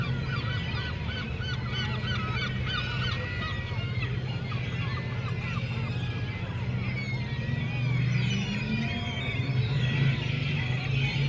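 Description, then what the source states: Gulls giving quick repeated arched yelps, several per second in the first half, then scattered cries, against a continuous low engine drone. Seagulls at harbour quay, Le Tréport, France, mixed with passing motorcycles; recorded with DPA 4060 microphones in AB position into a Zoom F3.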